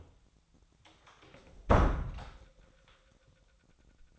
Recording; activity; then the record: daily activity, microphone in the room; close door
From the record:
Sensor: 3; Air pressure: 1009.2 hPa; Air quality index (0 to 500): 190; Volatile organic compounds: 3 ppm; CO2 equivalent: 1532 ppm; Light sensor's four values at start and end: 49/129/56/57 and 49/129/56/57